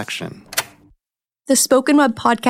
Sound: record player clicks